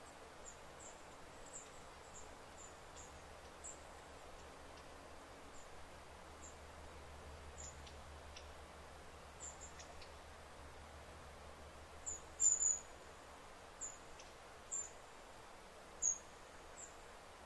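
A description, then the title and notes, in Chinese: Very quiet deep wilderness in a thicket, with a faint low hum beneath a soft hiss. Thin, high chirps and brief calls recur every second or two, a few louder ones around twelve to sixteen seconds. 林薮呖呖·极静深野。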